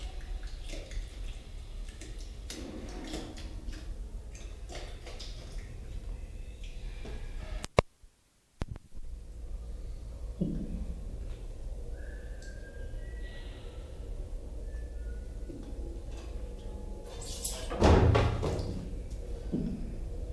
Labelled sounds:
Siamang (Symphalangus syndactylus)

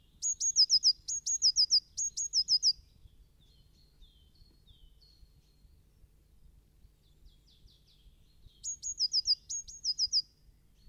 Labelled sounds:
Eurasian Blue Tit (Cyanistes caeruleus) song

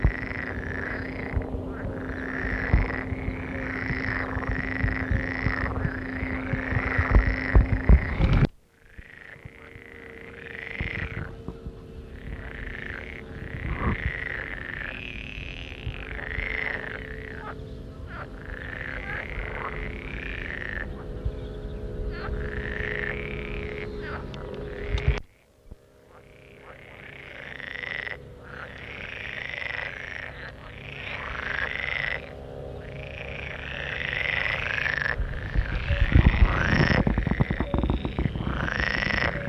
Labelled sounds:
Pool Frog (Pelophylax lessonae) call

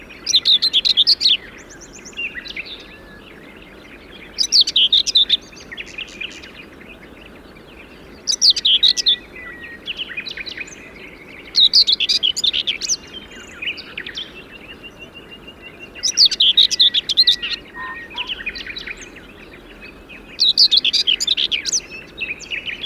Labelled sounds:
Common Whitethroat (Sylvia communis)

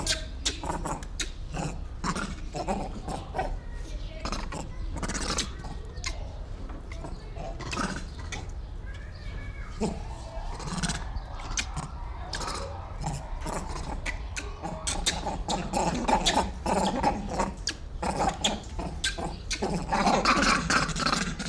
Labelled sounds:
Grivet (Chlorocebus aethiops)

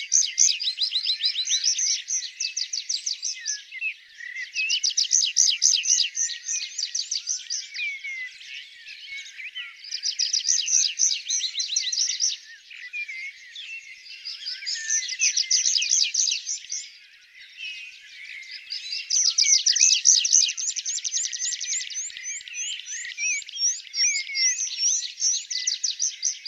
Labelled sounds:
Tree Pipit (Anthus trivialis) song

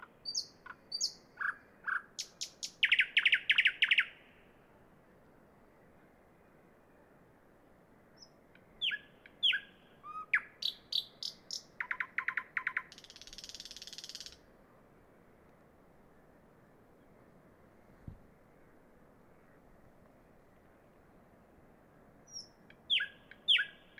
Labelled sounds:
Thrush Nightingale (Luscinia luscinia) song

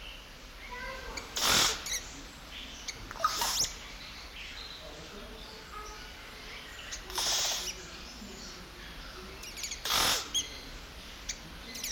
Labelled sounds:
Yellow-rumped Cacique (Cacicus cela)

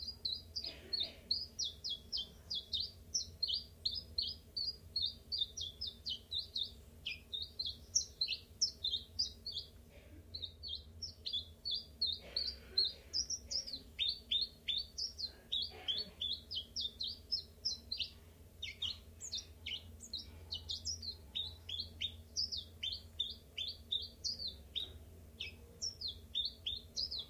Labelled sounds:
Common Chiffchaff (Phylloscopus collybita)

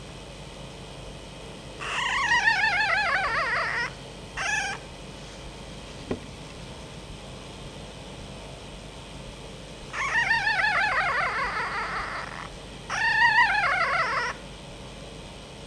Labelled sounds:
Red Fox (Vulpes vulpes)

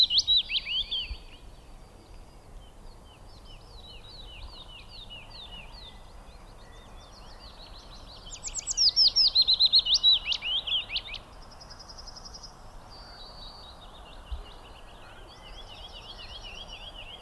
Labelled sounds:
Willow Warbler (Phylloscopus trochilus) song

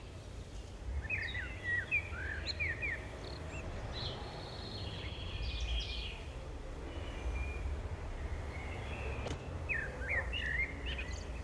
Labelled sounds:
Common Blackbird (Turdus merula) song

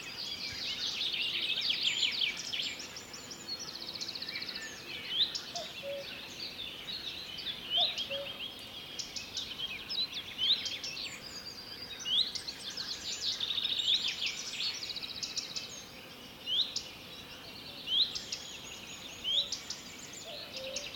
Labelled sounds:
Eurasian Hoopoe (Upupa epops) song

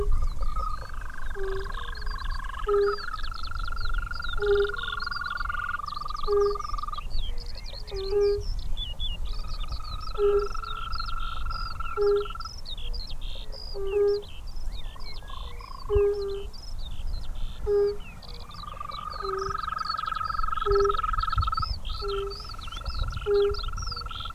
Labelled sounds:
Fire-Bellied Toad (Bombina bombina) call

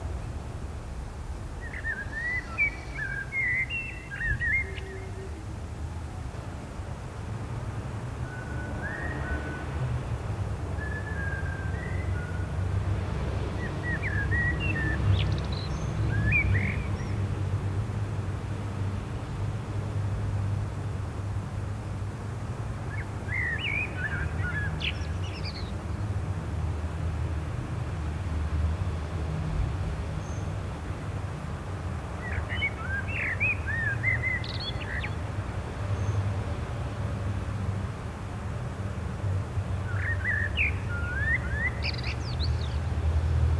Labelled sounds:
Common Blackbird (Turdus merula) song

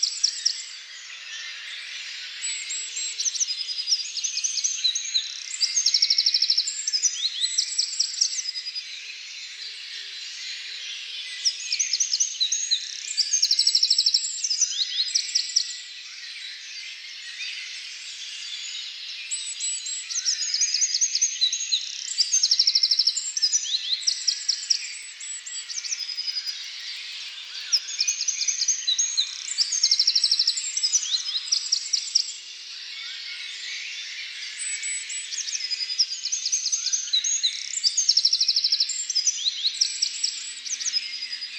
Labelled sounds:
Eurasian Wren (Troglodytes troglodytes) song

